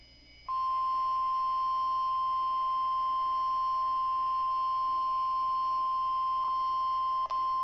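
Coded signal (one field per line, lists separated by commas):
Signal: Emergency Alert System (SAME) tones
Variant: 1050 Hz attention tone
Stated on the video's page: NOAA Weather Radio required weekly test, received on a Midland WR120EZ.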